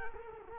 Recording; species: mosquito wingbeat signal from an infrared sensor; Culex quinquefasciatus